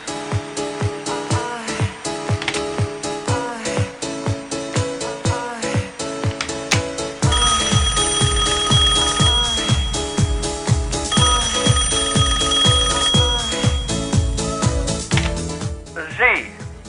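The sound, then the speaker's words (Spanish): A phone rings on an outgoing call with a bright, repeating electronic melody over a steady pulsing beat, loud and continuous for the whole stretch, growing fuller and busier about halfway through. “Llamamos. Venga, dale, que seguro, segurísimo que te va a coger el teléfono el puto Paulo Coelho”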